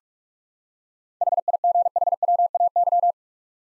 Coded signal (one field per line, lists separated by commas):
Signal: Morse code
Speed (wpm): 46 wpm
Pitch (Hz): 700 Hz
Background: none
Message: HIGHWAY